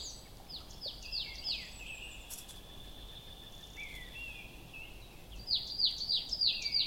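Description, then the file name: Marsh tit giving bursts of sharp, descending high chips, a pause with lower sliding notes, then another rapid, louder series of chips near the end, with faint hiss throughout. "Poecile palustris"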